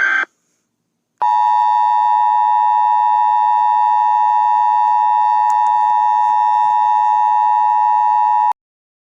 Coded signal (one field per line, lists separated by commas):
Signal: Emergency Alert System (SAME) tones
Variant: 853 and 960 Hz attention tone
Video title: LUNAR MOON | An EAS Scenario